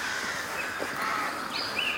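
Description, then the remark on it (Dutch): A song thrush sings a few short, clear whistled phrases at a high pitch, rising and sliding, in a place with many old trees, heard faintly over a steady background hiss with no talking. “Ja, dit is de zanglijsten.”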